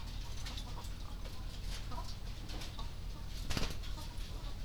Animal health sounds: poultry house recording; sick chickens (respiratory disease)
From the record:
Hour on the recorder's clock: 20

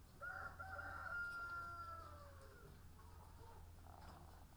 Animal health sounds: poultry house recording; sick chickens (respiratory disease)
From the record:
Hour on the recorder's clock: 18

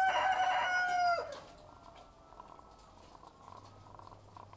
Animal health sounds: poultry house recording; sick chickens (respiratory disease)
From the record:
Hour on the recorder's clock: 13

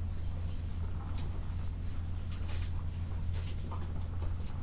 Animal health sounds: poultry house recording; sick chickens (respiratory disease)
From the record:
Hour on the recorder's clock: 13

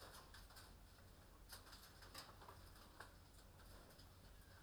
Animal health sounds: poultry house recording; healthy chickens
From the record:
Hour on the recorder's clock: 20

